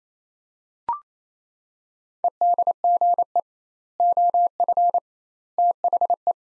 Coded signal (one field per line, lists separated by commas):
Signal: Morse code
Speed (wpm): 28 wpm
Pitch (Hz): 700 Hz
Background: none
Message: EDGE OF THE